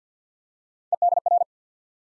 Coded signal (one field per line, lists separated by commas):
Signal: Morse code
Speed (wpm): 50 wpm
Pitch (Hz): 700 Hz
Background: none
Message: EDR